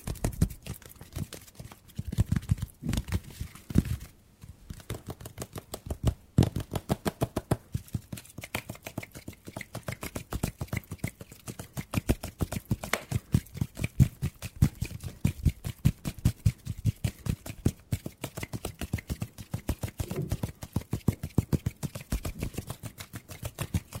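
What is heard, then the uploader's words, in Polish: Hand sounds: rapid, dense tapping and rubbing with soft low thumps, steady throughout with brief pauses near four and six seconds. ASMR DŹWIĘKI DŁONI 40 MINUT! 50+ DŹWIĘKÓW.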